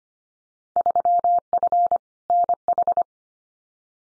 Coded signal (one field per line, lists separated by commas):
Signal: Morse code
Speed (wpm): 25 wpm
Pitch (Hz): 700 Hz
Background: none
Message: 3F NH